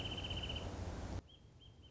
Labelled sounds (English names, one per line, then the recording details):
Wrentit
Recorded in Sonoma County, California